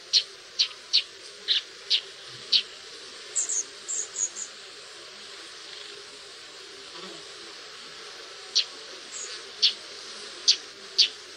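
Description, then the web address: Red-backed shrike uttering short dry clicking chack notes in loose series, with a pause midway and a few faint higher notes over a steady hiss. "fuglelyder tornskate"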